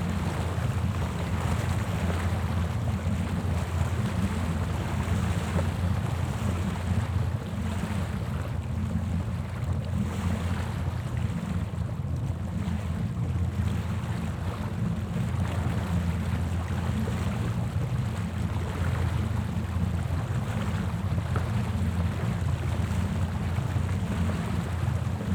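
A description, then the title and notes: A boat ride heard from on board, dominated by a deep, steady engine rumble that holds level for the whole stretch. Rushing water and wind hiss above it, thick and continuous, with small surges but no distinct events standing out. Rumbing Boat Ride.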